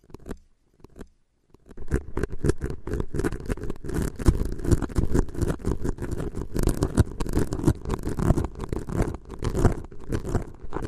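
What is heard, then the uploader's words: Tapping and scratching, starting with a few isolated taps over the first second and a half, then building into a dense, rapid, irregular patter of clicks and scrapes that continues to the end. The sounds are crisp and dry, with a fairly steady level. A special tapping & scratching ASMR episode.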